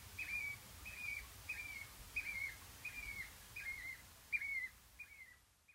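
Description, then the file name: Eurasian oystercatcher flight calls, a series of shrill piping notes repeated about every 0.65 seconds over a soft, steady background hiss. Recorded during nocturnal migration on 6 March 2021. "oystercatcher nocmig 060321"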